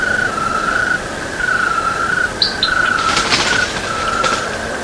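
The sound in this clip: Cricket trilling in repeated ringing bursts roughly once a second, with a few brief high bird chirps partway through.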